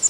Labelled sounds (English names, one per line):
Prairie Warbler flight call